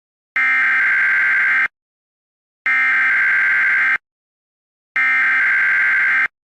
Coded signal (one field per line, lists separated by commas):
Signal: Emergency Alert System (SAME) tones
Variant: header bursts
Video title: EAS Classic: My First EAS Created on a Mac